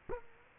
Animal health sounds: mosquito wingbeat signal from an infrared sensor; Culex quinquefasciatus

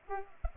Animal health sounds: mosquito wingbeat signal from an infrared sensor; Culex pipiens

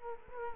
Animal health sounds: mosquito wingbeat signal from an infrared sensor; Culex quinquefasciatus

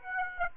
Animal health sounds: mosquito wingbeat signal from an infrared sensor; Aedes aegypti

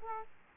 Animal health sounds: mosquito wingbeat signal from an infrared sensor; Aedes aegypti

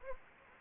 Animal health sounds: mosquito wingbeat signal from an infrared sensor; Anopheles gambiae

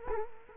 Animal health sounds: mosquito wingbeat signal from an infrared sensor; Culex quinquefasciatus

